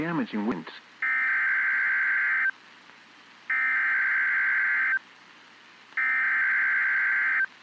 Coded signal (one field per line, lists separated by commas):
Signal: Emergency Alert System (SAME) tones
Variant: header bursts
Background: speech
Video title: Severe Thunderstorm Warning Texas Noaa Weather Radio Station WXK 38 Amarillo TX 5/23/26